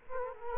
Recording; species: mosquito wingbeat signal from an infrared sensor; Culex quinquefasciatus